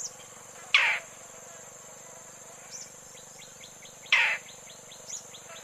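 Roller uttering two harsh, grating calls a few seconds apart, with a series of thin chirps and a steady high whine in the background.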